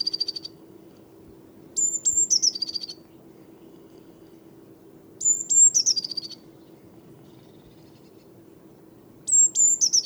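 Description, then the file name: Eurasian blue tit song: high, thin, sustained notes running into a fast, falling trill, repeated several times over a low background hum. "Cyanistes caeruleus"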